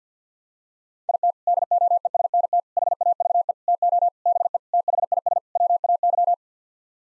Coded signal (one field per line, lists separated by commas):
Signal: Morse code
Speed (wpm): 50 wpm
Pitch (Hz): 700 Hz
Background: none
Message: IT DOESNT HAVE TO BE THIS WAY